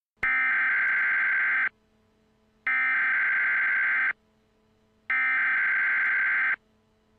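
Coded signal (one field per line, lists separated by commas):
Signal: Emergency Alert System (SAME) tones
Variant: header bursts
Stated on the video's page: Fictional EAS scenario with simulated SAME tones.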